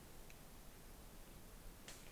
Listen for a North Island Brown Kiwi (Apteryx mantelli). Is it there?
no